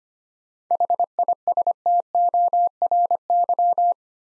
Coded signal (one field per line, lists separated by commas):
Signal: Morse code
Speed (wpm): 25 wpm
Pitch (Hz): 700 Hz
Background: none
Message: HISTORY